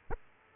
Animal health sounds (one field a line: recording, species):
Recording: mosquito wingbeat signal from an infrared sensor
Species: Aedes aegypti